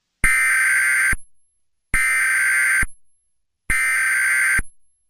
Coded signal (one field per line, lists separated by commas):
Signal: Emergency Alert System (SAME) tones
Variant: header bursts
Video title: EAS Mock: what if Dressy Bessy was on one?